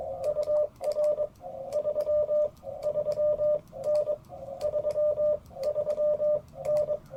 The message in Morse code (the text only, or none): UR 33N 33N